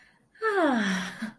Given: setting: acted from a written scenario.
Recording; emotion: vocal sound without words; serenity